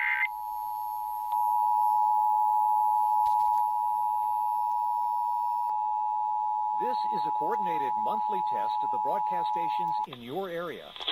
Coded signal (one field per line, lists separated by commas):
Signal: Emergency Alert System (SAME) tones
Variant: 853 and 960 Hz attention tone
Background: speech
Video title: Emergency Alert System EAS Required Monthly Test WCCO-AM/HD KNOW-FM and KTCZ-FM (February 2020)